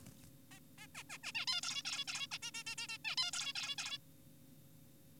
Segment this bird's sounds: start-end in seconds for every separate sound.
0.52-0.59, 0.78-0.87, 0.95-1.03, 1.10-1.18, 1.24-1.32, 1.35-1.46, 1.48-1.61, 1.63-1.83, 1.85-2.04, 2.08-2.27, 2.32-2.38, 2.43-2.51, 2.54-2.64, 2.67-2.75, 2.78-2.88, 2.89-2.98, 3.05-3.16, 3.18-3.31, 3.33-3.53, 3.56-3.76, 3.78-3.98